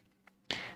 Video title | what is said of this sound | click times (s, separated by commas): This new Kreg pocket hole machine just changed everything | And heard that click. We're done. | 0.5 s